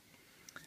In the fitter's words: but that magazine drops right out no problem and again you put it in little click